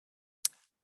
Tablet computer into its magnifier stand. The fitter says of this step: and push it all the way until it clicks